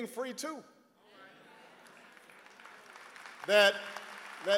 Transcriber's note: applause